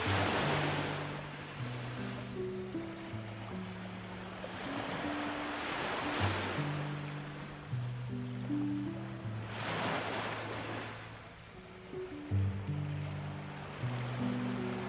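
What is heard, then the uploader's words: Soft, slow low tones drift in steady steps beneath sea waves that swell and wash in about every four seconds, loudest near six and ten seconds. SOFT MUSIC and SEA WAVES. Marrying the waves of the sea and soft music.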